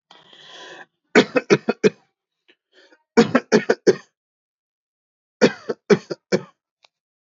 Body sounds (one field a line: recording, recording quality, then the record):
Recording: shallow voluntary cough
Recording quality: excellent, no background noise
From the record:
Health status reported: healthy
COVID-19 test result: not tested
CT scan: not taken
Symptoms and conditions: none ticked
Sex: male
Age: 32 years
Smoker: no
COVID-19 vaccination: both doses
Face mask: not worn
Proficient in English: yes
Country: India